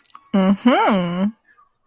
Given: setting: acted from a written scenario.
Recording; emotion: vocal sound without words; desire